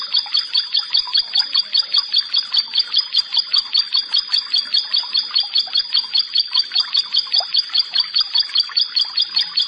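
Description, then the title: Prinia song: a steady run of sharp, high, two-toned notes repeated about two and a half times per second. "Ciblek Sawah 1"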